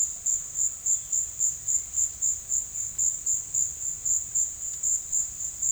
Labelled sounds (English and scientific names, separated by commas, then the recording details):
none
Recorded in secondary vegetation near Puerto Asís, Putumayo, Colombia, on 23 June 2025 at 13:00
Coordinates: 0.498, -76.327
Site GP09